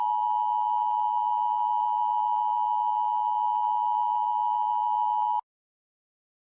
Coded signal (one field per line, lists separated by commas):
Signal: Emergency Alert System (SAME) tones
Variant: 853 and 960 Hz attention tone